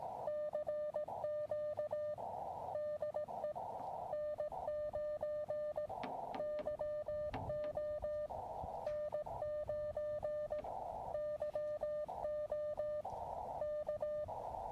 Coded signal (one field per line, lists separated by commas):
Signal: Morse code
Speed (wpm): 17 wpm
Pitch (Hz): 600 Hz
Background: music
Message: CQ DE N9YO N9YO K